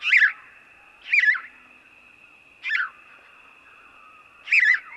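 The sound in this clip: House sparrow giving four rough, bright chirps with irregular gaps between them, and a steady faint whine running throughout.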